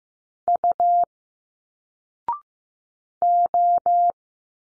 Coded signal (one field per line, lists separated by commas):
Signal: Morse code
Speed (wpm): 15 wpm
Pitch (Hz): 700 Hz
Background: none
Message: U O